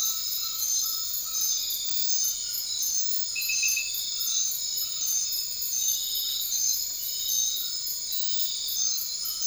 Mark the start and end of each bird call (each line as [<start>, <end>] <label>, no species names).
[0.00, 1.63] bird call
[2.19, 5.21] bird call
[7.47, 7.93] bird call
[8.86, 9.47] bird call